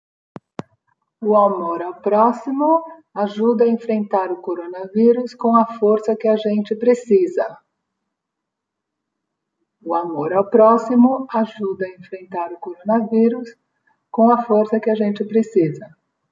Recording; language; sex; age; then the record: spoken sentence; Brazilian Portuguese; female; 50 to 59 years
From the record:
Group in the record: control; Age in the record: 56 years